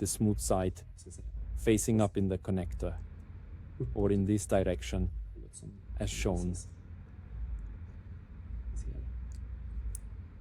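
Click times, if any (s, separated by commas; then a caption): 10.0 s. A crimped terminal pin is pushed, smooth side facing up, into the back of a plastic automotive connector housing while someone talks. A faint tick comes at 9.3 s, then a sharp click at 10.0 s as the pin locks and seats in the housing.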